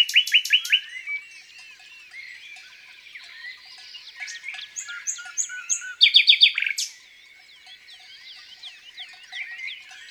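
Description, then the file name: Common nightingale song: rapid repeated notes at the start, soft varied warbling, another loud burst of repeated strokes, then quieter varied phrases. Recorded in the countryside. "Rossignol philomele Chants doiseaux dans la campagne"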